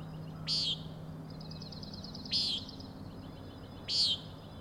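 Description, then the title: Common nighthawk repeating buzzy nasal peents about every one and a half seconds, three in all, with high trilling pulses between them. Three birds giving peenting calls; Overlook, Schoodic Head, Acadia National Park, Winter Harbor, Maine; 16 June 2017, 4am; flying in close formation, passing near the recordist. "Common Nighthawks, Schoodic Head 061617 4am"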